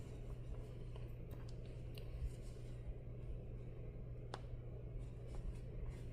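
A plastic backing washer for a second safety eye is pushed onto the safety eye's post through crochet fabric over a steady low hum, with a few faint ticks and rustles. It snaps on with a sharp click at 4.3 s, seating the washer and leaving two safety eyes in place.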